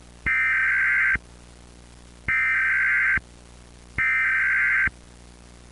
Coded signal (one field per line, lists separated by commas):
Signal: Emergency Alert System (SAME) tones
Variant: header bursts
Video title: SCP EAS 001 WDB.mp4